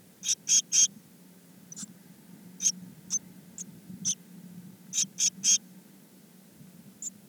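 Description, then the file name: Eurasian blue tit calls: sparse high, thin notes, a quick triplet opening, then scattered single notes and another triplet, over a low hum. "Cyanistes caeruleus"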